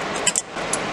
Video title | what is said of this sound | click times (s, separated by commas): Maintenance on 09 Xterra and 2013 Tundra Pt. 1 | go with this one here and you just snap these on in and | 0.4 s, 0.7 s